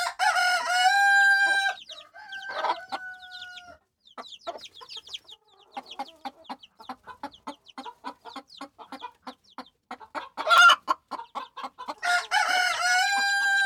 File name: chicken